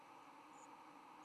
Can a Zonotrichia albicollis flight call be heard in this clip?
no